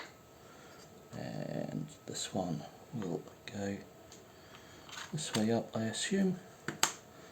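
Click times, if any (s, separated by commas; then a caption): 6.8 s. Someone talks while a plastic-and-metal expansion card module, after being checked for which way up it goes, is pushed into its expansion bay on a Framework laptop. It latches with a sharp, positive click at 6.8 s, and the card is seated.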